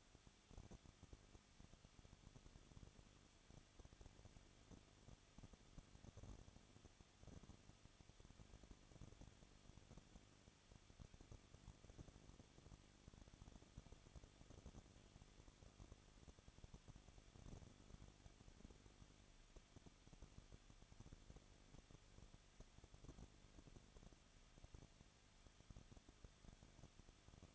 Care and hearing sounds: daily activity, microphone in the room; no activity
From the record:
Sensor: 4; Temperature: 23.0 degrees Celsius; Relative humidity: 34.2%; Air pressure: 1007.3 hPa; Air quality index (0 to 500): 217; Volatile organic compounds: 15 ppm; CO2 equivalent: 2516 ppm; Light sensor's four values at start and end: 2/3/1/1 and 2/3/1/1

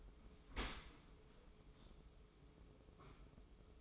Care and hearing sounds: daily activity, microphone in the room; open dishwasher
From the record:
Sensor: 1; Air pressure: 995.9 hPa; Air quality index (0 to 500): 64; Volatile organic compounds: 2 ppm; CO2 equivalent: 1282 ppm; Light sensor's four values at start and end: 30/106/40/42 and 30/105/40/42

